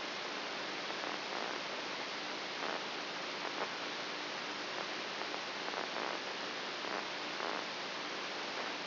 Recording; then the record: brain microelectrode recording played as sound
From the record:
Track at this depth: inside the subthalamic nucleus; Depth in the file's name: 1.44 mm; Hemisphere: right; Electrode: 2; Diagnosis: Parkinson's disease